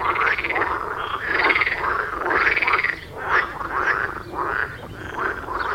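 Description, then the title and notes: Frog chorus, thick and continuous, rattling croaks overlapping in surging waves with no silent gaps. Frogs at the village pond in Wohlsborn, Germany; recorded with a TASCAM DR-40X. "Wohlsborn, Deutschland - Froschkonzert. Frog concert. Froschkonzert am Dorfteich in Wohlsborn. Aufgenommen mit TASCAM DR-40X"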